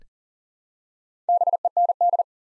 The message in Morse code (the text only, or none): BEND